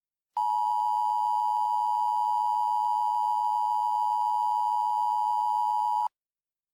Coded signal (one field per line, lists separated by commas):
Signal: Emergency Alert System (SAME) tones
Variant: 853 and 960 Hz attention tone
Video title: EAS Mock 17: The October War